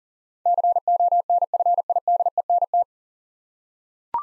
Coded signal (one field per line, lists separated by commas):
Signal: Morse code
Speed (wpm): 40 wpm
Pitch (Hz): 700 Hz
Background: none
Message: CONFIDENT